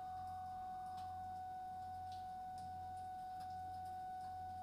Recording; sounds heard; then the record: poultry house recording; no chicken sound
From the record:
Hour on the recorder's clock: 21